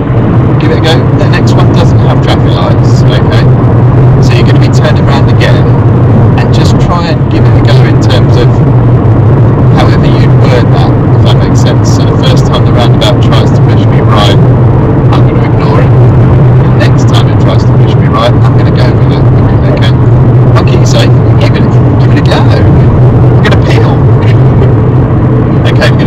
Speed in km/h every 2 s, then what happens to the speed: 92, 93, 93, 93, 92, 90, 89, 87, 85, 85, 87, 87, 89.
0-6 steady at about 93. 6-16 slows to 85. 16-26 steady at about 87.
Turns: none.